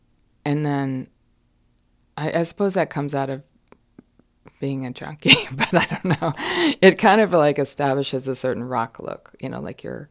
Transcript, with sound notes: and then - I suppose that comes out of being a junkie (laughter), but I don't know. It kind of, like, establishes a certain rock look, you know, like you're...